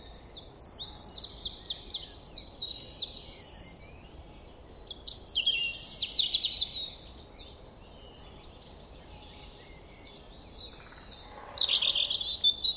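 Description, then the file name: European robin singing three bursts of high, sweet, fluttering trills and warbles, separated by short pauses of near silence. "Erithacus rubecula"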